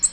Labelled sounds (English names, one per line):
Nashville Warbler flight call